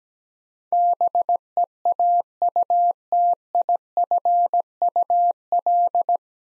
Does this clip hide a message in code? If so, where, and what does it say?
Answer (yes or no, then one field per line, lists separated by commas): yes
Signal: Morse code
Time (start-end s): 0.7-6.2 s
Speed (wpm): 17 wpm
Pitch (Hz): 700 Hz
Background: none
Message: BEAUTIFUL